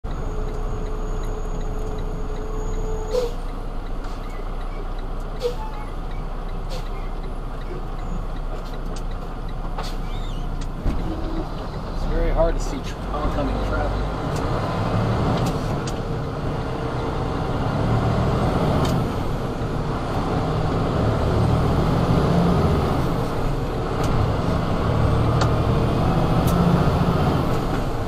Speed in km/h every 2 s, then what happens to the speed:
24, 15, 6, 3, 2, 2, 3, 6, 10, 13, 15, 18, 21, 24.
0-7 slows to 2. 7-10 standing. 10-28 pulls away to 24.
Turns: none.